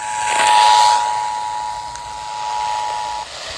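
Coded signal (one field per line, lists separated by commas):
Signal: Emergency Alert System (SAME) tones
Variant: 853 and 960 Hz attention tone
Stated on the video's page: Severe thunderstorm warning tones received off-air from FM broadcast station on 94.5 MHz in Georgia, recorded with an iPhone 14.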